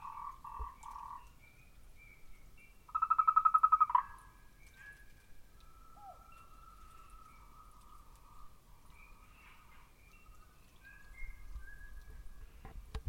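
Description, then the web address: Frog calls: short trills at the start, then a loud rapid pulsed trill around three seconds, with fainter trilling afterwards. Recorded 14 March 2023. "frog rec 140323"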